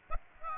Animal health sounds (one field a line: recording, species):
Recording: mosquito wingbeat signal from an infrared sensor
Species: Aedes aegypti